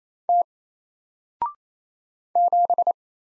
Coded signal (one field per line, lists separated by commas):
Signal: Morse code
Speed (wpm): 28 wpm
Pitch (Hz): 700 Hz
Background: none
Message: T 7